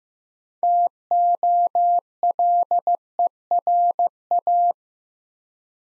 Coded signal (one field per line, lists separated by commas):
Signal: Morse code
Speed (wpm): 15 wpm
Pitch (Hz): 700 Hz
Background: none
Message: TOLERA